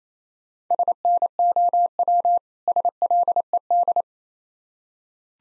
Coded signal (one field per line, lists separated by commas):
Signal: Morse code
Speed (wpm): 28 wpm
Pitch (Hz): 700 Hz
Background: none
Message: SNOW SLED